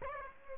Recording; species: mosquito wingbeat signal from an infrared sensor; Aedes aegypti